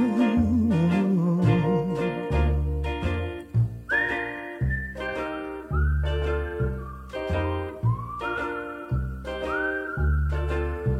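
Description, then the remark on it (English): A bright whistled melody with gliding high notes rides over a bouncy instrumental backing with a steady bass rhythm, the whistling entering partway through and repeating a short phrase. “It's a whistling tune for walking in the night.”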